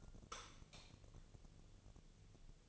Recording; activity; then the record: daily activity, microphone in the room; light off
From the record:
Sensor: 4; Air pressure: 1000.9 hPa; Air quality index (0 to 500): 124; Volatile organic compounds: 1 ppm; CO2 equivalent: 931 ppm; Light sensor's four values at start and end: 34/86/35/38 and 32/78/33/35